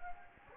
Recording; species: mosquito wingbeat signal from an infrared sensor; Anopheles gambiae